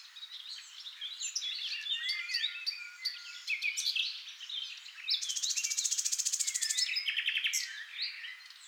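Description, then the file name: Common nightingale song in a busy layered stream of chirps and whistles, then a long rapid buzzy trill of evenly repeated notes. "NIGHTINGALE MIX"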